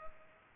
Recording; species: mosquito wingbeat signal from an infrared sensor; Culex pipiens